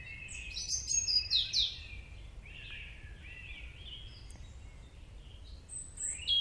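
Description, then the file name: European robin song: thin, high warbling phrases with quick sliding notes, loudest near the start and end, over a steady low background rumble. "Erithacus rubecula"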